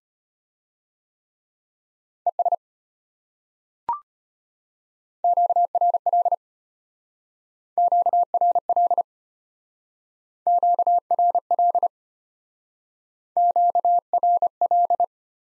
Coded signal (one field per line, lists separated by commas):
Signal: Morse code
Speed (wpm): 31 wpm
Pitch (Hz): 700 Hz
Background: none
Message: ES QRL QRL QRL QRL